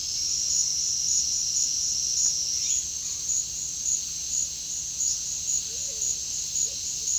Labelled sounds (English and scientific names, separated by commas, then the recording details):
none
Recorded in dense forest near Puerto Asís, Putumayo, Colombia, on 20 February 2024 at 08:00
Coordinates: 0.496, -76.326
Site G6383